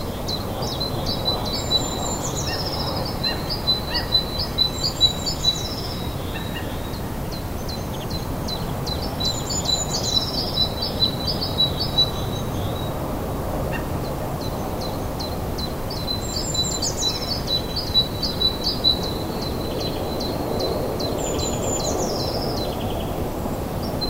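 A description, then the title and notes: Birds chirp at sunrise in a Danish city, repeating bright trilled phrases every few seconds over a steady low rumble of traffic. Bird chorus at sunrise in Danish city. A dawn chorus of chirping birds during sunrise in Denmark. It is a Saturday morning in late April.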